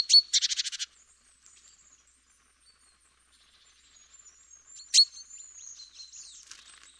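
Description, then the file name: Great tit buzzy call: a quick burst of harsh, rasping notes at the start, then thin high calls and one sharp note later on. "Parus major"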